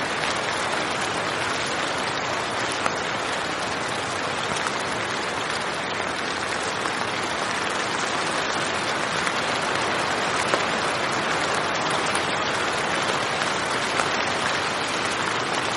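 Quiet, steady rain falls without a break, a soft, even hiss of dense patter spread across the whole clip. The sound holds at one level from start to finish, with only a few faint single drops standing out. No thunder is heard.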